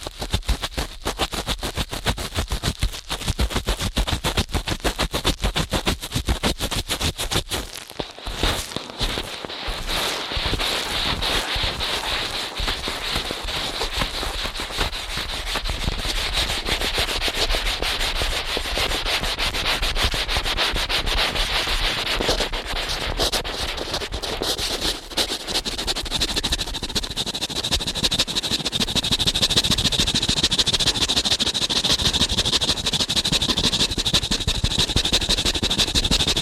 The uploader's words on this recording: ASMR Ear Cleaning at Helicopter Speed.